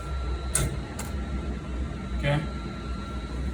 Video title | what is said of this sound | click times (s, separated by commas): Cleaning you Mutoh 1324 maintenance and capping station | And then all you're gonna do once you're done is just like slide this down here and you'll hear it click. | 0.6 s